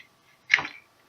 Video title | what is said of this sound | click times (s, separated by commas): Crystal God-Beast MegaZord | will click into place and this piece right here actually moves with this piece | 0.5 s